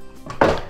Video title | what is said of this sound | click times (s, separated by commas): Countertop Extenders from YesterTec | it pops right in and locks | 0.3 s, 0.4 s